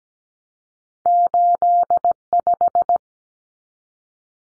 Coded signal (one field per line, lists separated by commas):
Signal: Morse code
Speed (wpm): 17 wpm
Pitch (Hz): 700 Hz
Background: none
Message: 85